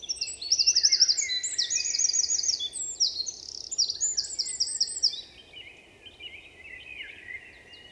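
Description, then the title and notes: Eurasian wren song, a forceful rush of high, rattling trills lasting about five seconds, followed by faint softer bird notes and hiss. Eurasian wren in forest at Val Maravel, 27 March 2020; vigorous, nervous song asserting its presence to potential rivals; recorded in stereo on Nagra Seven with MKH8040. "UN VENT DE TROGLODYTE. 27 mars 2020-Val Maravel - Nagra seven - stéréo - mkh8040 Un Troglodyte mignon (Troglodytes troglodytes) affirme par son chant vigoureux sa présence à tout concurrent potentiel.Chanteur de la forêt son chant nerveux est toujours impressionnant de puissance"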